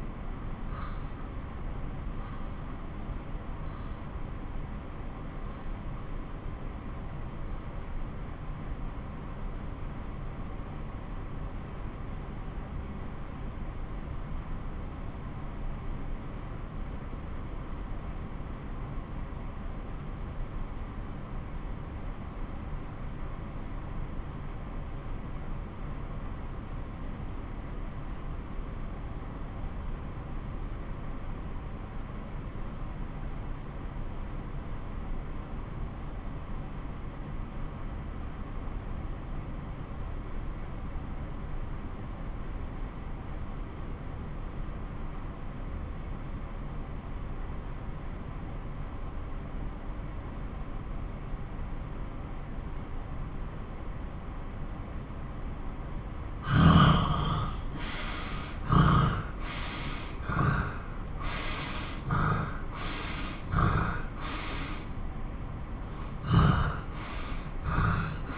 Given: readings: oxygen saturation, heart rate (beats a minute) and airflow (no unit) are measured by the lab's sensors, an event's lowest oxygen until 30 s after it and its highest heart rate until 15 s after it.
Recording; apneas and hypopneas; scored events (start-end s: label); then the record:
breathing in sleep by a smartphone at the bedside; 1
3.00-54.60 s: obstructive apnea (N1, oxygen 94% highest, then 88% lowest)
12.00-42.00 s: new sleep stage, N2 (light sleep)
42.00-68.38 s: new sleep stage, N1 (lightest sleep)
From the record:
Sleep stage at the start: N1 (lightest sleep); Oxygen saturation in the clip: 86 to 94%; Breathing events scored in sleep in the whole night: 217 in 6.3 hours asleep